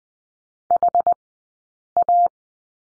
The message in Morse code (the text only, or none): HA